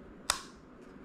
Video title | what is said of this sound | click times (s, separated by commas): M1 Macbook Air Sticky Key Fix | so you heard that click | 0.3 s